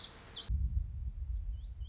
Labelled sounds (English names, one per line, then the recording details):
Lazuli Bunting
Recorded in Sonoma County, California